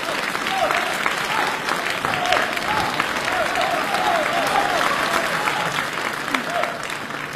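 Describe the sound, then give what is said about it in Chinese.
A large crowd claps steadily and warmly for several seconds, a dense, even wash of applause with faint voices and cheers mixed in beneath it, as the audience welcomes performers from Singapore onto the stage at a Beijing TV crosstalk and sketch competition. “古人云，有朋自远方来，不亦乐乎，希望大家用热烈的掌声欢迎他们登场亮相。”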